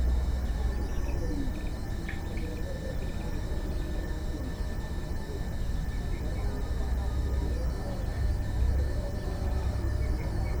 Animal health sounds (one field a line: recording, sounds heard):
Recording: poultry house recording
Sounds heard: healthy chickens